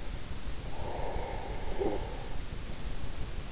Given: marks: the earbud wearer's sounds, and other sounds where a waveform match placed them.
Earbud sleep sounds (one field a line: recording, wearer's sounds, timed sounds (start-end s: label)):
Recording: sounds in sleep by an in-ear microphone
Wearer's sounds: breath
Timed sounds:
0.35-3.44 s: breath